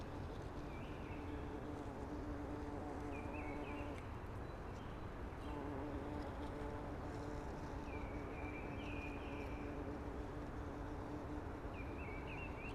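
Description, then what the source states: Eurasian blackbird singing short warbled phrases every few seconds, soft and half-buried under constant rushing noise and a low droning hum. Singing early, among conifers that are hushing.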